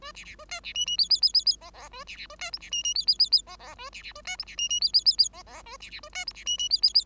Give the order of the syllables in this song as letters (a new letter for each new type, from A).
A B B A C B D D E E E E E F F A B B A C G B D D E E E E F F A B B A C G B D D E E E E F F A B B A C G B D D E E E